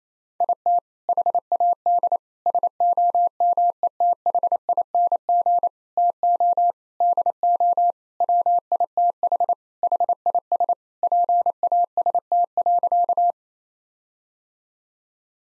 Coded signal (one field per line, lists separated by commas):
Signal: Morse code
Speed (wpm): 28 wpm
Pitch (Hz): 700 Hz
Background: none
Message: IT HAD SOMETHING TO DO WITH HIS PAST.